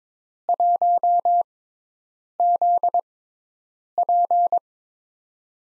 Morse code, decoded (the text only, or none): 1ZP